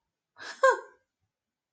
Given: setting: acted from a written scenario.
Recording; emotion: vocal sound without words; pride